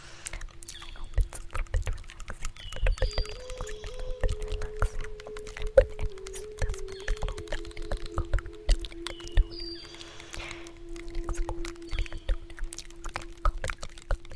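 A native flute holds a steady low drone while a second line wavers slightly higher midway, over constant clicks, taps and occasional brief chirps.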